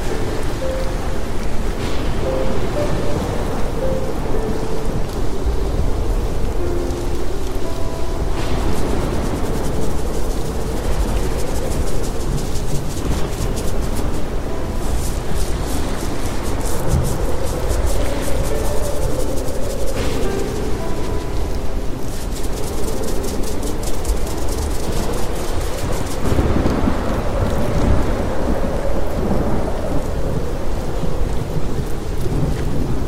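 A storm roars steadily throughout, a dense, low rumble of wind and rain at close range with no letup. Crackling bursts rise around 15, 21 and 27 seconds. Faint, soft piano notes sit low in the mix, barely above the storm.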